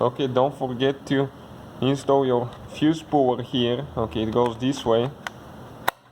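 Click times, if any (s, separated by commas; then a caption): 5.9 s. On a 2012–2018 Ford Focus MK3, during a heated mirror fuse replacement, someone talks while refitting the plastic fuse puller into the car's interior fuse box. The plastic fuse box cover is then pushed on, and a single sharp click at 5.9 s marks it seating into place.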